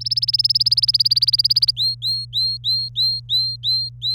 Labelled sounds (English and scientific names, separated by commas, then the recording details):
Domestic Canary (Serinus canaria) song
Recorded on 26 April 2018 at 14:26
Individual llb3